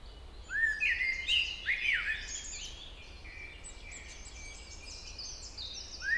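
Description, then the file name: Common blackbird song opening with rich rising fluted notes and squeaky flourishes, then a long stretch of faint high twitter, and one more fluted note at the end. "Turdus merula"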